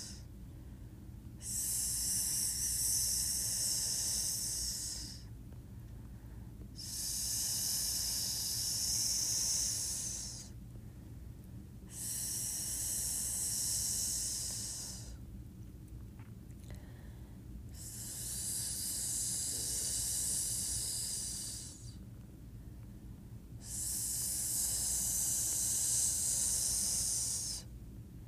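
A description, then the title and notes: Long, drawn-out "sssss" hisses come in a slow, regular rhythm, five of them over the stretch, each lasting about three to four seconds with short pauses between. The hiss is bright, over a steady low hum that continues underneath throughout. ASMR Sssss Sound.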